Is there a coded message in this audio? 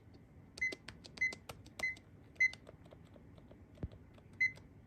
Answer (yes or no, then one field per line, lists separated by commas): no